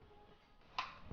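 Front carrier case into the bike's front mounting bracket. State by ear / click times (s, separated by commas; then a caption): seated / 0.8 s. A Brompton-style hard front carrier case is lowered from the top onto the mounting bracket screwed to the front of a folding bike and pushed down until its locking mechanism catches. A sharp, bright click at 0.8 s marks the case seating, followed by a softer low thump around 1.1 s. The case is confirmed locked onto the bracket.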